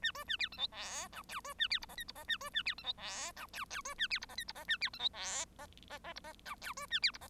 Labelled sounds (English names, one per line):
Bengalese Finch song